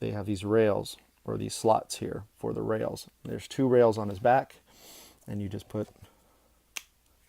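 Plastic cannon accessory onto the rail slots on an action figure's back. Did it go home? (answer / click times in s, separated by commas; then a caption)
yes / 6.8 s. Someone talks while sliding a plastic cannon accessory onto the two rails on the back of a Maketoys Rioter Despotron (Megatron) transforming robot figure. A sharp snap is heard at 6.8 s as the cannon seats firmly in place so it won't fall off.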